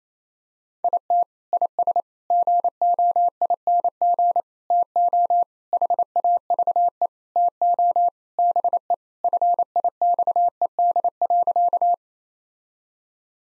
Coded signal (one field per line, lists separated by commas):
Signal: Morse code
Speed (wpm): 28 wpm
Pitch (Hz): 700 Hz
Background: none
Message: IT IS GOING TO HAVE TO BE FIXED.